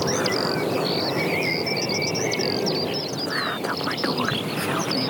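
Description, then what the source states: Eurasian skylark pouring out a high, rapid twittering warble without a break, with a brief lower call partway through and steady background hiss. Singing tirelessly while hanging in the air above heathland on the Veluwe, heard during a walk.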